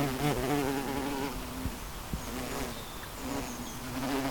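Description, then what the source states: Bumblebee hum, deep and droning, fading for a while, then returning. Bumblebees recorded in a garden.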